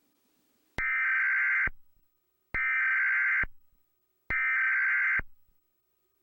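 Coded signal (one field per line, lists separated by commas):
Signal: Emergency Alert System (SAME) tones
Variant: header bursts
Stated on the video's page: Fictional EAS scenario about an asteroid striking the moon.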